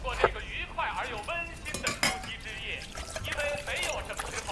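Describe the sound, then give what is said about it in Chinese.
Dishes and cutlery clink and clatter repeatedly in short, bright bursts as a hotpot meal is served and set out, with murmured voices underneath and a brief pouring sound. “火锅来喽，来来来，准备开吃了。”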